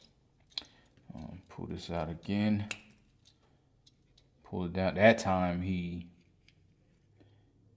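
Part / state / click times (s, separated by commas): plastic limb or panel joint on a transforming toy robot / seated / 6.5 s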